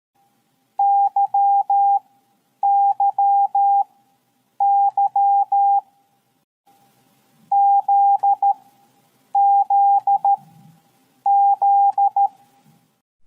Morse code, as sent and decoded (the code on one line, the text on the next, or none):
-.-- -.-- -.-- / --.. --.. --..
YYY ZZZ